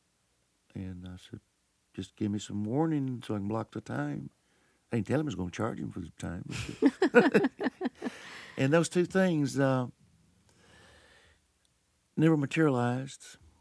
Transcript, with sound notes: And I said, "Just give me some warning so I can block the time. I didn't tell him I was going to charge him for the time."
(LAUGHTER)
And those two things never materialized.